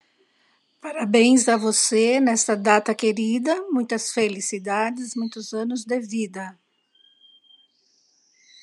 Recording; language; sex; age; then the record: short text; Brazilian Portuguese; female; 50 to 59 years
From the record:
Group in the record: control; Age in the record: 57 years